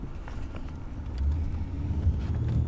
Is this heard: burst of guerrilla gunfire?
no